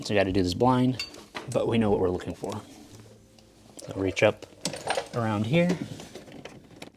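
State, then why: Not seated. A metal lock rod is being handled blind inside a Mercedes S-Class (W220) door while someone talks, about to be pushed into the plastic retaining clip on the new door lock assembly. Faint small knocks and ticks come at about 3.0, 3.4, 6.5 and 6.8 seconds. Nothing has seated or clicked yet.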